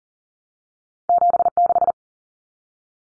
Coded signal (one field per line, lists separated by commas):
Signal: Morse code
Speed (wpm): 40 wpm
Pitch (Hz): 700 Hz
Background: none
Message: 76